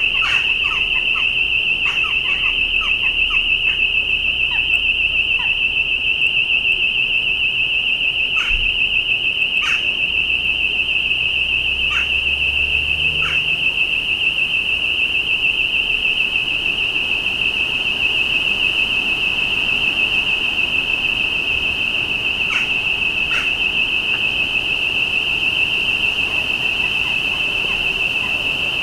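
Birds of Llanelli give short, scattered chirps over a steady, unbroken high whining tone, with a low rumble fading out midway.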